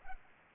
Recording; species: mosquito wingbeat signal from an infrared sensor; Culex pipiens